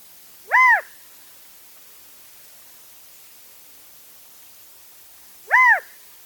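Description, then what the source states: Mountain Quail call: two loud, ringing notes, each rising then dropping in an arch, spaced about five seconds apart over faint background hiss. Call played back; heard far up a mountainside in oak chaparral.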